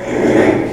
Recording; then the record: squeal of a Yucatan mini pig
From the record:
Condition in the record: after surgery on the right vocal fold (resection and tissue-engineered implant); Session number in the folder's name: 4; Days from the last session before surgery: 42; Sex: male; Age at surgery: 12 weeks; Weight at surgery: 13 kg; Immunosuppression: cyclosporine, prednisolone